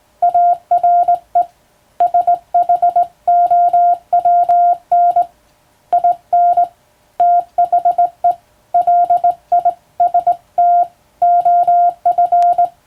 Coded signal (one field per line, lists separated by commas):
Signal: Morse code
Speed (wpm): 19 wpm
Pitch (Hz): 700 Hz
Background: none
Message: ARE SHOWN IN THE LIST OF